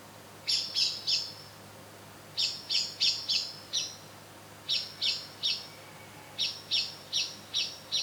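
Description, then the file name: Common blackbird chinks, repeated in several bursts of hard, high notes separated by brief gaps. "Turdus merula"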